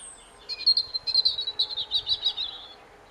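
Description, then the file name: European robin singing a thin, high, sibilant phrase of quick warbled notes and trills, running steadily for over two seconds above a low background hum. "Erithacus rubecula"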